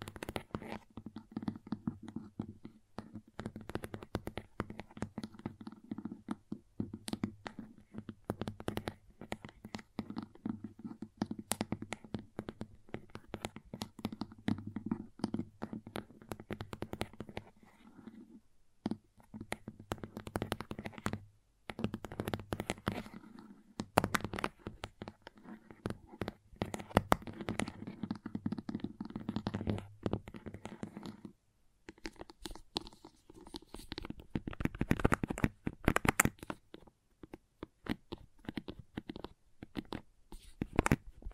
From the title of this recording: Crayons Tapping, Carving, Cutting, Drawing Sounds